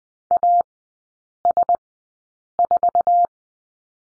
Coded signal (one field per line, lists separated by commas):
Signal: Morse code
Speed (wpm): 20 wpm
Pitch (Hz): 700 Hz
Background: none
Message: AS4